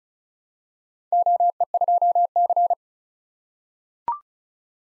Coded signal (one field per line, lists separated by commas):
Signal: Morse code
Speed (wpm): 36 wpm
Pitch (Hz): 700 Hz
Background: none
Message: OE2C